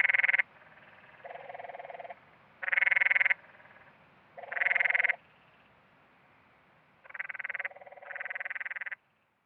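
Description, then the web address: Canyon tree frog chorus of buzzy, pulsed trills, loud and softer callers alternating, each trill about a second or less, with quiet gaps. Western North America. "Dan Gibson Wildlife Identification By Sound, Western North America. Canyon Tree Frog"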